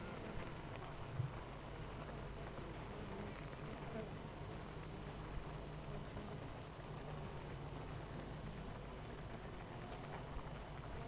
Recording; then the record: honeybee colony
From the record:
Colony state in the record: missing queen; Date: 14 July 2017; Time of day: 8:35